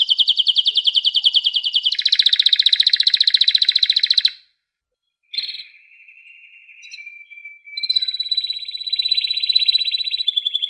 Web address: sounds canary canary-sound